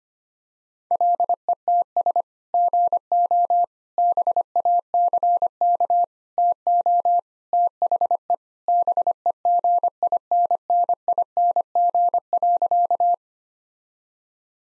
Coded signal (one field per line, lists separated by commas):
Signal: Morse code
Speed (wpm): 25 wpm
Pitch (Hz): 700 Hz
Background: none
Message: LETS GO BACK TO THE BEGINNING.